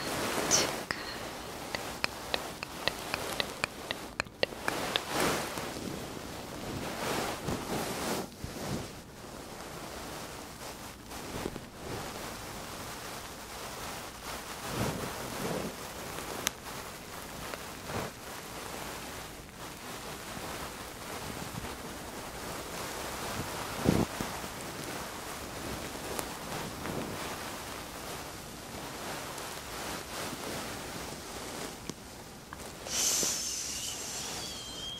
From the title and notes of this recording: ASMR 3dio FLUFFY Mic Scratching & Ear Massage. Ear Muffs on the Mic.